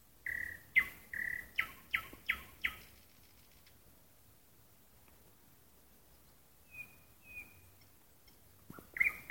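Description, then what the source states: Nightingale song: a loud run of chattering repeated notes, a long pause, soft sliding whistles, then another sharp phrase begins. Song heard at night in a park.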